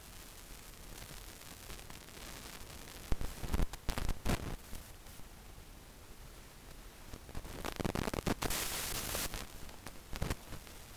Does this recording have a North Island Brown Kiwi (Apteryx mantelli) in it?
no